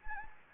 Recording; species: mosquito wingbeat signal from an infrared sensor; Anopheles gambiae